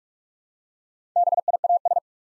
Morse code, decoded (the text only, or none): BIAS